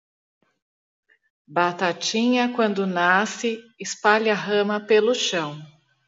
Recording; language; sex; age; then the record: short text; Brazilian Portuguese; female; 40 to 49 years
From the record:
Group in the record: control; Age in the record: 47 years